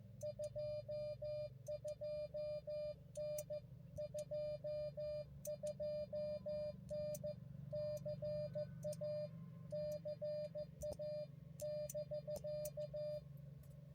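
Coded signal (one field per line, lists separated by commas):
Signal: Morse code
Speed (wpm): 14 wpm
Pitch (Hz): 590 Hz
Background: none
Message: 22N 22N CA CA <BK>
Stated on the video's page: Multi-day, multi-park POTA activation run across five parks.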